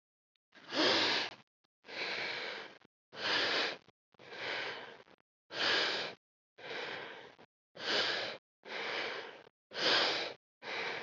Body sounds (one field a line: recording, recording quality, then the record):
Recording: deep breathing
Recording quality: excellent, no background noise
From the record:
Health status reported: COVID-19 positive, no symptoms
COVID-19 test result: positive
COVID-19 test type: RT-PCR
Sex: female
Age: 25 years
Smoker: no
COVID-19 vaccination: both doses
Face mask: not worn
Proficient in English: yes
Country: India